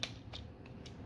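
A plastic peg on a Transformers Legacy Evolution Armada Universe Megatron figure is worked toward its port, producing a sharp plastic tick at 0.0 s followed by fainter handling ticks and creaks at about 0.3, 0.6 and 0.9 s. The peg has not seated or clicked into the port yet.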